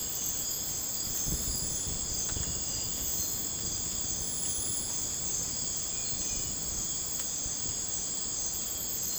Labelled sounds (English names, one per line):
none